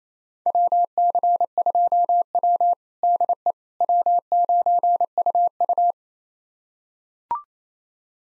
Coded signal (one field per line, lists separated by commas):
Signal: Morse code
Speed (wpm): 27 wpm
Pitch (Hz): 700 Hz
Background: none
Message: WC2W DE W9UU